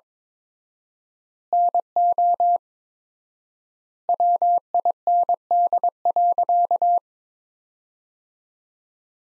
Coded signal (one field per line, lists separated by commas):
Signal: Morse code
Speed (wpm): 22 wpm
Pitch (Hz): 700 Hz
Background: none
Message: NO WIND.